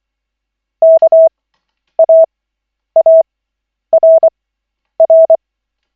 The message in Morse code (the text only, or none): KAARR